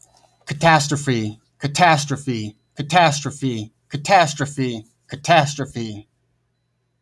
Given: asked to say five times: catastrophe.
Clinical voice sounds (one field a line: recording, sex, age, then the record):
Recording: repeated word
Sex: male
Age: 30 to 39 years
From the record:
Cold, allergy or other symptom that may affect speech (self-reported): no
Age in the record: 32 years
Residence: Iowa, United States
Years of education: 12